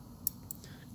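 A belt clip is pressed back onto a holster shell before its Loctited screws go in, giving sharp, bright clicks at 0.3 s and 0.5 s over a low background hum. The clip snaps into place and is seated on the holster shell.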